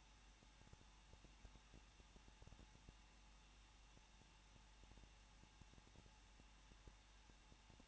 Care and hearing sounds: daily activity, microphone in the room; no activity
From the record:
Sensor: 1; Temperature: 20.1 degrees Celsius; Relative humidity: 39.1%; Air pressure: 1006.5 hPa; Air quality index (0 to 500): 216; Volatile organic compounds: 73 ppm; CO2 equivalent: 3542 ppm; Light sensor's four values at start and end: 1/2/1/1 and 1/2/1/1

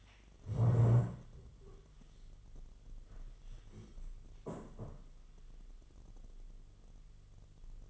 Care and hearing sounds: daily activity, microphone in the room; stand up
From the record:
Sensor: 4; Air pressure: 1006.0 hPa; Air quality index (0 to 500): 112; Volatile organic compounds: 3 ppm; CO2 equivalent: 1398 ppm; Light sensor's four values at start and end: 13/28/11/10 and 13/28/11/10

